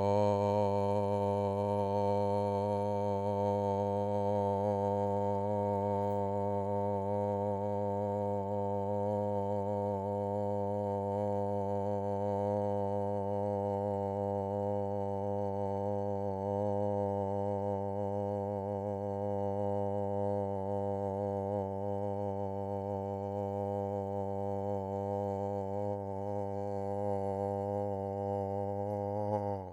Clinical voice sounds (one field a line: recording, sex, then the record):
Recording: sustained vowel /o/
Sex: male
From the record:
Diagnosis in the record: Parkinson's disease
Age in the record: 65 years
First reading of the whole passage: 52 s, 9.9 characters per second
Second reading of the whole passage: 50 s, 10.3 characters per second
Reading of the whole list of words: 40 s, 7.0 characters per second